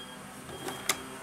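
A 40V battery pack is slid into the battery slot of a GreenWorks cordless chainsaw and pushed in. After a faint sliding rustle around 0.7 s, a sharp, bright click at 0.9 s marks the pack seating in place.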